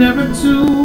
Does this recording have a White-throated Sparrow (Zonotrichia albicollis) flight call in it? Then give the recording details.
no. No flight call is heard. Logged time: 01:55 on 4 September 2014